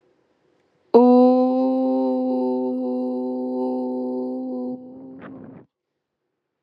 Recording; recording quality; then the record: sustained vowel as in boot; excellent, no background noise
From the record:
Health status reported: COVID-19 positive, mild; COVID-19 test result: positive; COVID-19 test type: RT-PCR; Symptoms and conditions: cough, cold, fever, fatigue, muscle pain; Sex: female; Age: 26 years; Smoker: no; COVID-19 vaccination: both doses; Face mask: not worn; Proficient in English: yes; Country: India